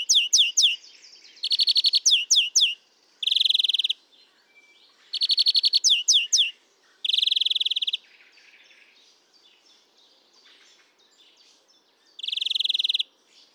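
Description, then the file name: European greenfinch singing quick chirping trills alternating with long flat wheezing buzzes, phrases separated by short pauses, and a final drawn-out wheeze after a quiet gap. "Chloris chloris"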